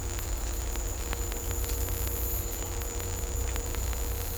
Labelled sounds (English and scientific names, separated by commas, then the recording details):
none
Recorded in dense forest near Puerto Asís, Putumayo, Colombia, on 16 December 2024 at 15:00
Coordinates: 0.503, -76.323
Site G043